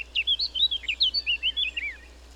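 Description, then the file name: Eurasian blackcap song: a quick run of many clear, fluty warbled notes, ending in a falling phrase. "Sylvia atricapilla"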